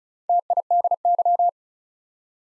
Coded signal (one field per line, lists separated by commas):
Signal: Morse code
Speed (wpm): 36 wpm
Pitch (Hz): 700 Hz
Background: none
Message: TIDY